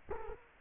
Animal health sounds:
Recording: mosquito wingbeat signal from an infrared sensor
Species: Culex quinquefasciatus

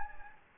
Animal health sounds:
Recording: mosquito wingbeat signal from an infrared sensor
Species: Anopheles gambiae

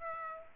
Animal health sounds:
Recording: mosquito wingbeat signal from an infrared sensor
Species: Aedes aegypti

